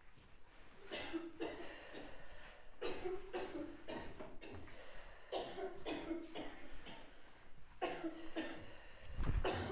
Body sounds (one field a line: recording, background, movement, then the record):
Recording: deep breathing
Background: a bystander coughing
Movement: walking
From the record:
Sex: female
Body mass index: 36.4 kg/m2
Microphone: on the chest, facing outward